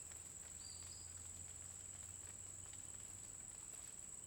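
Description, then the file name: Cricket giving a steady, unbroken high-pitched trill throughout, with one short whistled bird note early on and a faint low hum underneath. Constant cricket sound in a forest during the day, with a bird singing at intervals. "Grilo constante na floresta dia passaro canta em intervalos"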